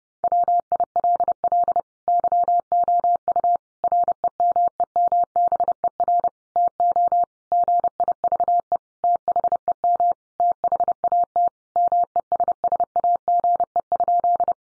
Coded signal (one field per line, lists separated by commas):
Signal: Morse code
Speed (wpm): 30 wpm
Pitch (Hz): 700 Hz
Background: none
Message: WILL YOU REMEMBER TO GIVE THEM THAT MESSAGE?